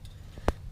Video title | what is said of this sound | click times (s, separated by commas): 1997 GMC Suburban almost 100k miles spark plug change. 1988-1999 Silverado, Sierra, Yukon and Tahoe. | you guys heard it snap | 0.5 s